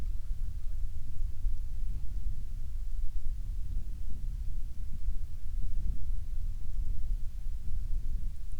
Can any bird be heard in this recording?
yes